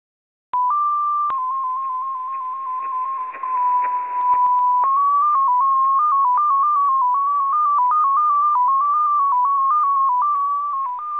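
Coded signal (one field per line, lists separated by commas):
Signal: numbers station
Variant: XPA2 polytone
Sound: a single electronic tone hopping rapidly between nearby pitches around 1 kHz, like a melody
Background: faint radio static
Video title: XPA2, 2120z 13538 kHz, Message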